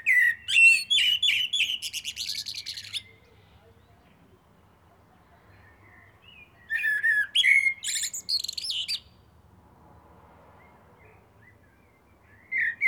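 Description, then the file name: Eurasian blackbird delivering fluty warbled phrases with high scratchy twitters, a quiet pause, a second phrase, then another phrase starting at the end. "Turdus merula"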